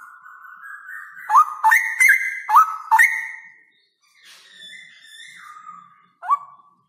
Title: GILEEE Cucak ROWO Jantan GACOR Suara Lantang ROoo EL Panjang